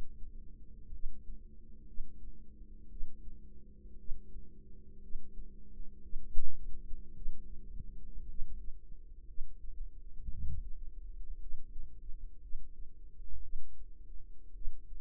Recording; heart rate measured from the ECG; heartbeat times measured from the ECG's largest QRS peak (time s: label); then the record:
heart sounds by microphone in the right ear; 57 bpm
0.90 s: heartbeat
1.84 s: heartbeat
2.88 s: heartbeat
3.96 s: heartbeat
4.99 s: heartbeat
6.00 s: heartbeat
7.13 s: heartbeat
8.26 s: heartbeat
9.25 s: heartbeat
10.29 s: heartbeat
11.38 s: heartbeat
12.39 s: heartbeat
13.40 s: heartbeat
14.52 s: heartbeat
From the record:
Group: healthy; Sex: female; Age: 36 years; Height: 163 cm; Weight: 88 kg